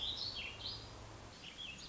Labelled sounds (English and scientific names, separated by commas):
Warbling Vireo (Vireo gilvus)